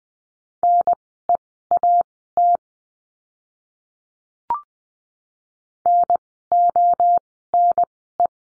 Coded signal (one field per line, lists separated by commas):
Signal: Morse code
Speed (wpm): 20 wpm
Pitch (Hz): 700 Hz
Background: none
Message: NEAT NONE